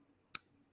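A folding knife with a detent knob is flicked open, and the blade breaks out of the detent in the handle with a single sharp, loud pop at 0.4 s. The pop is bright and high-pitched and fades quickly, and the blade is released with a very snappy action.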